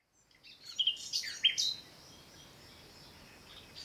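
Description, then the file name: Common nightingale giving one brief phrase of high chirps and slurred notes, followed by quiet background hiss. "Luscinia megarhynchos"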